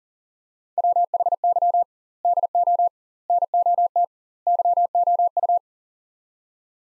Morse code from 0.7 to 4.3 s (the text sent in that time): WHY DO NOT